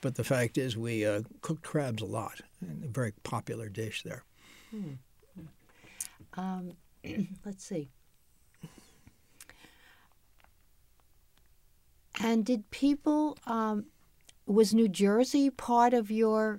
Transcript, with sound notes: But the fact is, we cooked crabs a lot, a very popular dish there.
Hmm. [clears throat] Let's see. And did people — was New Jersey part of your